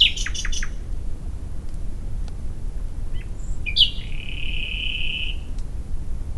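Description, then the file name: Common nightingale song: a quick trill of sharp notes, a pause, then a sustained, slightly buzzy whistled note lasting over a second, with low background rumble. "Luscinia megarhynchos"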